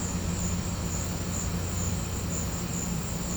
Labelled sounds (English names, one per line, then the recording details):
none
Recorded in pastures near Puerto Asís, Putumayo, Colombia, on 18 December 2024 at 15:30
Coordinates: 0.505, -76.324
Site G063